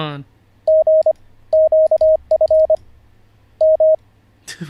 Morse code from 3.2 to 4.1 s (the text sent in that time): M